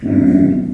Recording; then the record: squeal of a Yucatan mini pig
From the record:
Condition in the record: after surgery on the right vocal fold (resection and tissue-engineered implant); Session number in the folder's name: 4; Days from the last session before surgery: 26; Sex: female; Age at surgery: 19 weeks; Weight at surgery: 25 kg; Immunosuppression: prednisolone